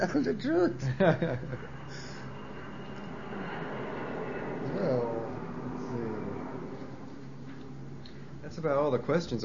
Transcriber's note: airplane sound